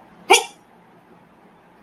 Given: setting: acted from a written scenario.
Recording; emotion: vocal sound without words; anger